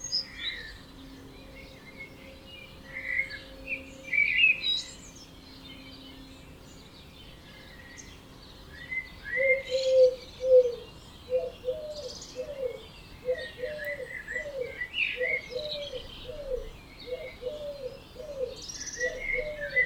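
Early-morning birds in an Austrian valley, with a chorus of bright chirps and short trills scattered across the whole clip. From about ten seconds a lower, steady repeating call joins in at a regular pace. A faint low hum persists underneath.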